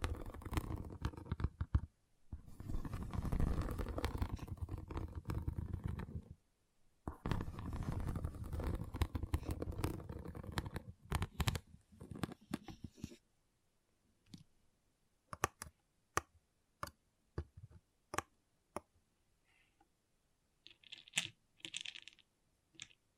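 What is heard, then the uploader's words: Pixel art beads pour and rattle in dense, clattering bursts for the first thirteen seconds, with short pauses near two and six seconds. After that, single beads click sparsely at irregular intervals, joined by a brief soft scrape around twenty-one seconds. ASMR Relaxing Pixel Art Beads ( No Talking).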